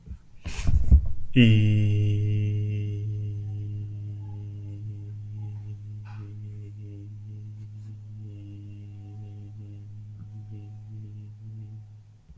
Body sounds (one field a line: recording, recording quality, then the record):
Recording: sustained vowel as in beet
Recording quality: excellent, no background noise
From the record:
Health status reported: healthy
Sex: male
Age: 25 years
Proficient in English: yes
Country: United States